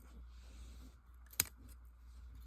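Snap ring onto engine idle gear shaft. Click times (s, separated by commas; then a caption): 1.4 s. A snap ring is pressed with a snap ring tool onto the idle gear shaft on the clutch side of a Yamaha YZ426 big bore dirt bike engine, retaining the gear and washer. Over a low steady hum, a single sharp metallic click sounds at 1.4 s as the ring snaps into its groove. The snap ring is seated.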